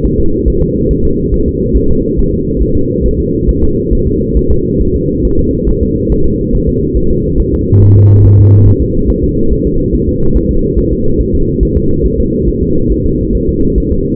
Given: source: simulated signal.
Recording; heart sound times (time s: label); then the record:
fetal heart sounds
0.05 s: S1
0.20 s: S2
0.48 s: S1
0.62 s: S2
0.91 s: S1
1.05 s: S2
1.34 s: S1
1.48 s: S2
1.77 s: S1
1.91 s: S2
2.19 s: S1
2.33 s: S2
2.62 s: S1
2.77 s: S2
3.06 s: S1
3.20 s: S2
3.49 s: S1
3.63 s: S2
3.93 s: S1
4.07 s: S2
4.37 s: S1
4.52 s: S2
4.81 s: S1
4.95 s: S2
5.25 s: S1
5.39 s: S2
5.69 s: S1
5.83 s: S2
6.12 s: S1
6.26 s: S2
6.55 s: S1
6.69 s: S2
6.97 s: S1
7.11 s: S2
7.40 s: S1
7.54 s: S2
7.82 s: S1
7.96 s: S2
8.25 s: S1
8.39 s: S2
8.68 s: S1
8.82 s: S2
9.10 s: S1
9.24 s: S2
9.52 s: S1
9.67 s: S2
9.95 s: S1
10.09 s: S2
10.37 s: S1
10.51 s: S2
10.78 s: S1
10.93 s: S2
11.21 s: S1
11.35 s: S2
11.63 s: S1
11.77 s: S2
12.06 s: S1
12.20 s: S2
12.49 s: S1
12.63 s: S2
12.92 s: S1
13.06 s: S2
13.35 s: S1
13.49 s: S2
13.78 s: S1
13.92 s: S2
From the record:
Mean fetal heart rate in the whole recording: 140 bpm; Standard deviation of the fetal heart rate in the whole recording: 2 bpm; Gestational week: 34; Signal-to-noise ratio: -16.4 dB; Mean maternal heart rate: 72 bpm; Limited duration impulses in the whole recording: present